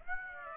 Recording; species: mosquito wingbeat signal from an infrared sensor; Aedes aegypti